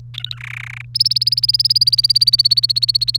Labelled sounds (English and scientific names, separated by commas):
Domestic Canary (Serinus canaria) song